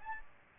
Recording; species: mosquito wingbeat signal from an infrared sensor; Aedes aegypti